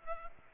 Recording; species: mosquito wingbeat signal from an infrared sensor; Culex pipiens